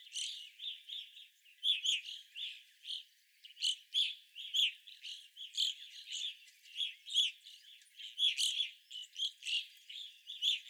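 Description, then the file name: Evening grosbeaks calling, sharp bright chirps repeated in quick succession by several birds. Several evening grosbeaks, recorded 25 April 2021. "2021-04-25 Evening Grosbeaks"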